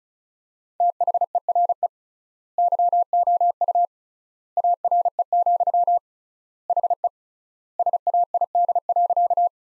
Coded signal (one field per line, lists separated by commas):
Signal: Morse code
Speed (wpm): 36 wpm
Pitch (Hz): 700 Hz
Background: none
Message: THERE YOU ARE, HE SAID.